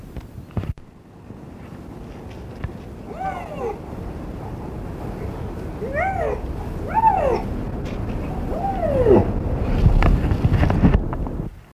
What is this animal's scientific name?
Lynx lynx